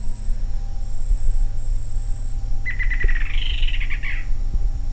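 Bird call: a short series of rapid chirps followed by a higher burst of buzzy notes near the end, over steady low hum and background noise.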